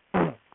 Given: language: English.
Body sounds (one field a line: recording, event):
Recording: throat vibration sensor signal played as sound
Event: throat clearing